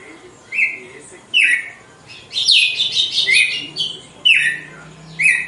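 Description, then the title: Red-cowled cardinal song: short whistled notes dropping from high to mid pitch, one every second or so, with a bright chattering burst in the middle. Female song; style called açoite, described as pure, strong, clean and evenly measured. "Canto Galo Campina Fêmea. GALO DE CAMPINA, AÇOITE PURO, FORTE, LIMPO E COMPASSADO"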